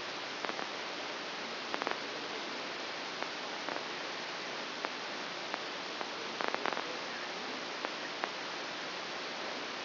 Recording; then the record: brain microelectrode recording played as sound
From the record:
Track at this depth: inside the subthalamic nucleus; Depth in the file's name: 5.705 mm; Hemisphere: left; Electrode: 2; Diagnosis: Parkinson's disease